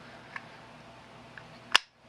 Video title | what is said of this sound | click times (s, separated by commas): Home Safety and Childproofing | click this shut until you hear it shut it does not come apart easily | 1.8 s